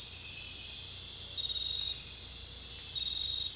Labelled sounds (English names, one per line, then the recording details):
none
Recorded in dense forest near Puerto Asís, Putumayo, Colombia, on 21 December 2024 at 20:30
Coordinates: 0.484, -76.317
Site G026